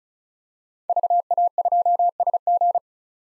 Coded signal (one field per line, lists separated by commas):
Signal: Morse code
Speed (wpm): 34 wpm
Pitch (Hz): 700 Hz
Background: none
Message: VA2SG